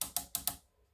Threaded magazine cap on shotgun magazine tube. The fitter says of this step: you want that to go all the way down until it's locked tight in place.